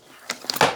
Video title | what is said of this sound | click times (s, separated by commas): JXWVU Powerstation Test - 4000W Peak Power Tested on the Homestead | you can just slide this thing down locks into place | 0.5 s, 0.6 s